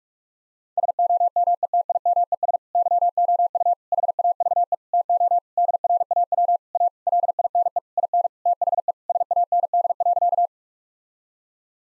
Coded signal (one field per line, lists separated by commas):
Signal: Morse code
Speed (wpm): 46 wpm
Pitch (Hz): 700 Hz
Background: none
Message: SOMETIMES YOU HAVE TO DRAW A LINE IN THE SAND.